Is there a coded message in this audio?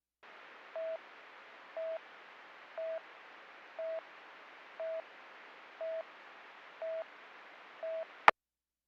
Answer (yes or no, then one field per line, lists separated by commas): no